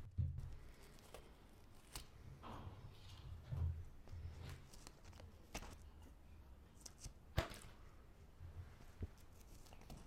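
Scissors cut through paper and plastic in short, irregular snips, with sharp clicks scattered across the ten seconds and a loud crisp snap near the seven-second mark. Between cuts there are soft rustles and a low, uneven rumble.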